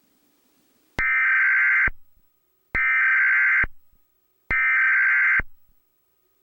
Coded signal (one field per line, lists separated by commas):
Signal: Emergency Alert System (SAME) tones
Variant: header bursts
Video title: 2021: An Deadly Spring, An EAS Scenario. #eas #capcut@EAS-kun @ftscenarios @JustDante